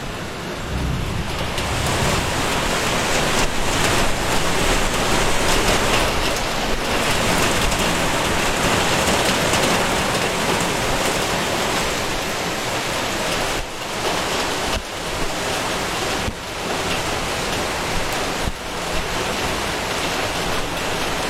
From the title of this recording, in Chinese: 雨声